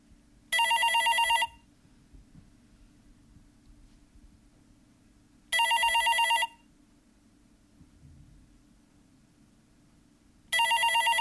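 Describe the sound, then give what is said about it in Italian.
A telephone rings in three loud, bright bursts about five seconds apart, each lasting roughly a second, over a low steady background hum with no one speaking. “Prendi quel maledetto telefono.”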